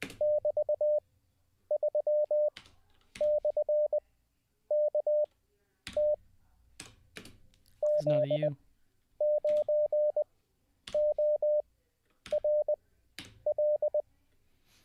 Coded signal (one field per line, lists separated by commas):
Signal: Morse code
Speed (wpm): 20 wpm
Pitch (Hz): 600 Hz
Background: speech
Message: <BT>3/KT Z9ORL